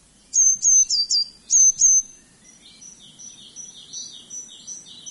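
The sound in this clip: Eurasian blue tit with a quick burst of five or six piercing high notes that dip at their ends, followed by a quieter stream of high twittering.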